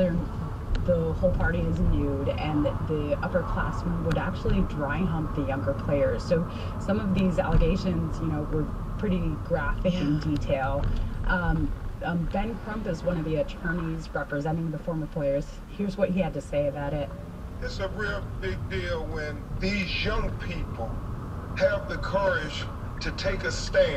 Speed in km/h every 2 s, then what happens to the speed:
16, 21, 24, 24, 21, 16, 10, 0, 11, 15, 19, 19.
0-3 speeds up to 24. 6-13 slows to 0. 15-20 pulls away to 19.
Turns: 13-20.